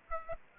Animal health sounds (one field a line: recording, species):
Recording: mosquito wingbeat signal from an infrared sensor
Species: Aedes aegypti